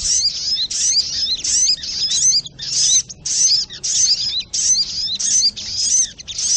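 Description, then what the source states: Little spiderhunter song of rapid, piercing chattering phrases of swept notes, repeated briskly with short gaps between. Masteran training recording, labelled Labaik.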